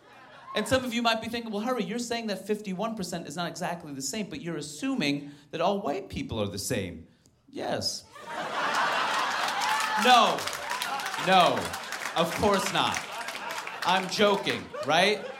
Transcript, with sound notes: And some of you might be thinking, well, Hari, you're saying that 51 percent is not exactly the same, but you're assuming that all white people are the same. Yes.
(LAUGHTER)
No, no, of course not. I'm joking - right?